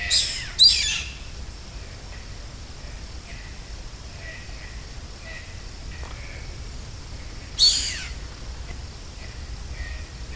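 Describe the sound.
Bird calls: sharp, loud, high calls, with two close together at the start and another near eight seconds, over steady low background noise.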